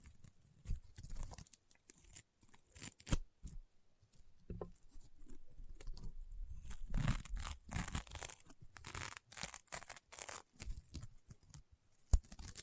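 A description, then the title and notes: Crunchy, popping slime is squeezed and pressed, giving dense clusters of crisp crackles and small pops. The bursts come irregularly throughout, with sharp snaps near three and twelve seconds. ASMR EXTREME CRUNCHY AND POPPING SOUNDS Rainbow Honeycomb Slime (No Talking).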